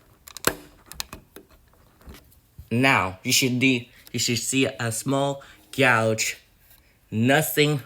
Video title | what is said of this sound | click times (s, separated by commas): How to replace the battery on you resideo Six contact on ADT COMMAND PANEL | until you hear a snap | 0.5 s